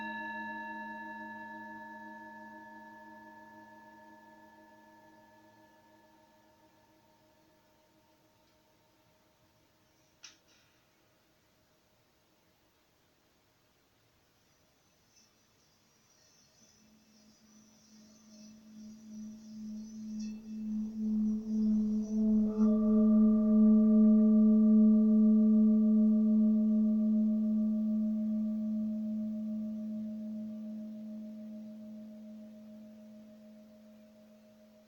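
A Tibetan bell rings and slowly fades, a light tap near ten seconds, then a rubbed tone swells to a loud wavering hum and ebbs.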